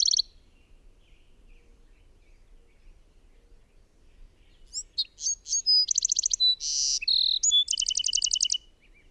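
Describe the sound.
Bird song: a brief high note, a pause, then a phrase of short chirps, clear whistles and fast buzzy trills, with near-silent background.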